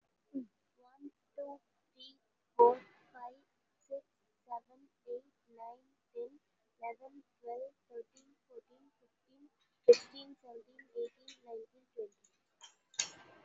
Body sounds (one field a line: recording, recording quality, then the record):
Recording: counting at a normal pace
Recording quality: excellent, no background noise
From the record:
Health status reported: COVID-19 positive, mild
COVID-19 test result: positive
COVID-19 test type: RT-PCR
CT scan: not taken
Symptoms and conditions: sore throat, fever, loss of smell and taste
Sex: female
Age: 18 years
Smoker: no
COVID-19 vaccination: none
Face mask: worn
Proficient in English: yes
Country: India